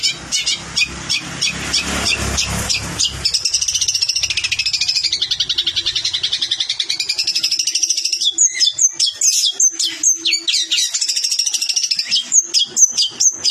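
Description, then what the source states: Long-tailed shrike song, fast rattling notes giving way to a long trilled warbling passage, then sharp clipped whistles and chips in quick succession. Cendet kombinasi, a combined or mixed song style.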